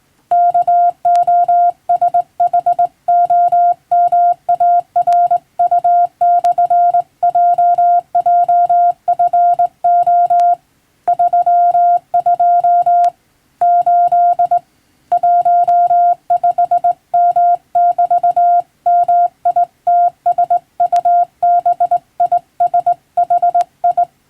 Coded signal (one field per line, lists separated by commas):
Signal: Morse code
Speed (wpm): 20 wpm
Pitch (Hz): 700 Hz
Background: none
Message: KOSHOMARU/JJFO 32 8 15M<BT>MITSUBISHI